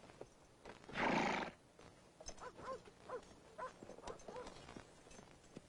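A horse gives a loud, breathy snort, then a series of wavering, high whinnying calls, while faint hoof clip-clops tap along underneath.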